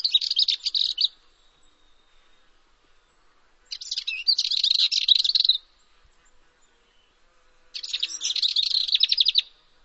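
Bird song in three separate bursts of quick, high, chattering twitter, each lasting one to two seconds, with silent gaps of two to three seconds between them.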